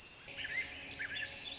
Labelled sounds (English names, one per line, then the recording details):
Song Sparrow
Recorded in Sonoma County, California